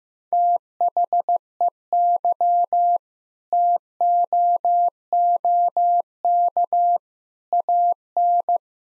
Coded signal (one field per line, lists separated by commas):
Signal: Morse code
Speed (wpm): 15 wpm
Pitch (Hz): 700 Hz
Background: none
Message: THEY TOOK AN